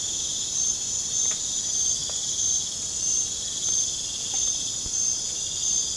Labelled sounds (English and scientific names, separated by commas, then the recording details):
none
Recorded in pastures near Puerto Asís, Putumayo, Colombia, on 22 December 2024 at 20:30
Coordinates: 0.466, -76.322
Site G040